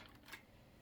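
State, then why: Not seated. The plastic thighs of a transforming robot toy are handled as they are brought down toward a very tight thigh ratchet joint. Only soft, low-level handling noise is heard, with a brief brighter scrape around 0.3 s. The part has not seated or clicked yet.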